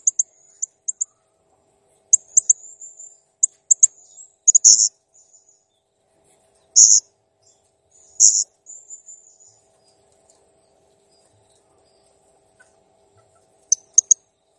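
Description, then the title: Blue-crowned hanging parrot singing in scattered high, sharp chirps and brief squeaky trills, separated by long quiet pauses with a faint steady hum underneath. Active, clear-singing (gacor) cage bird; master song used for training other cage birds. "Masteran Burung Serindit Ll Masteran Serindit Gacor Jernih"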